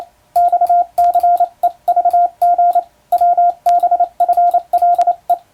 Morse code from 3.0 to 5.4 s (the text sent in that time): WBFLE